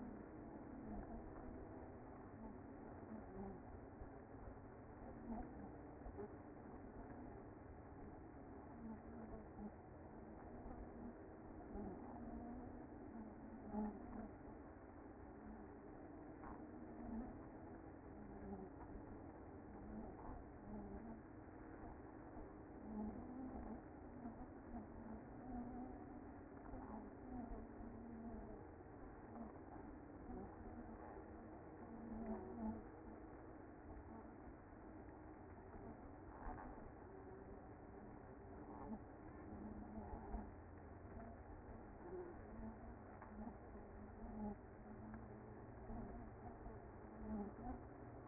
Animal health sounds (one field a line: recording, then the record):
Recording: honeybee colony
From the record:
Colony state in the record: active